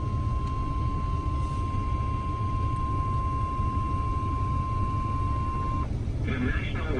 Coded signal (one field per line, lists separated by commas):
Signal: Emergency Alert System (SAME) tones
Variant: 1050 Hz attention tone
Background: speech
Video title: NOAA All Hazards Radio EAS Compilation (7/31/19)